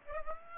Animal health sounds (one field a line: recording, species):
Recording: mosquito wingbeat signal from an infrared sensor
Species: Aedes aegypti